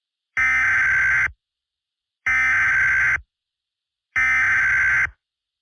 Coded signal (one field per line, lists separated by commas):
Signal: Emergency Alert System (SAME) tones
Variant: header bursts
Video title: IN THE PRAIRIE [a gmod EAS scenario recreation]